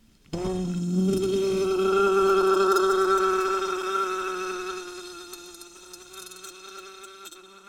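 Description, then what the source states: Wasp starting to buzz abruptly, an even droning hum at first loud, then gradually fading to a quieter steady drone. Wasp under glass.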